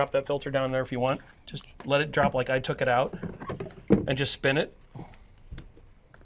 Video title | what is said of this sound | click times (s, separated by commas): Customer Chooses the Perfect Swim Spa for Her Family - Trainer 18 vs. 15 | There you go. You locked it in place. | 5.6 s